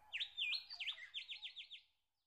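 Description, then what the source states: Nightingale phrase of clear V-shaped whistled notes repeated about eight times, speeding up slightly, then fading to silence. Song recorded in spring.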